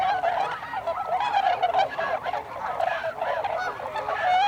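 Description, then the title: Tundra swans in a dense flock chorus, many overlapping hooting and yelping calls, steady and unbroken from start to end. Tundra swans, 26 December 2020. "2020-12-26-Tundra-Swans"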